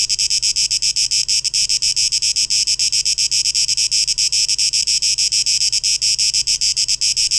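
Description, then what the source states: Cicada chorus: a steady, high, rasping buzz that throbs in quick, even pulses throughout. 12 August 2023; tape echo mix.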